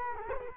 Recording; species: mosquito wingbeat signal from an infrared sensor; Culex quinquefasciatus